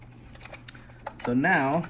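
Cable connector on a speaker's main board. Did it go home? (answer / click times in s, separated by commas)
released / 0.7 s, 1.1 s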